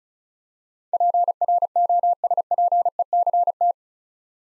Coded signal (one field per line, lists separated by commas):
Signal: Morse code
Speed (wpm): 34 wpm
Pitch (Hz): 700 Hz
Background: none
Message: PROSPECT